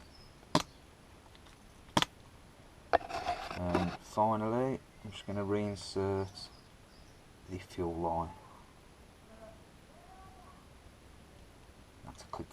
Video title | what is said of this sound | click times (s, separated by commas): primus ergo pump leak repair | That's clicked | 12.3 s